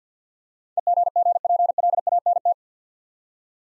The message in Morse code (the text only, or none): EGGPLANT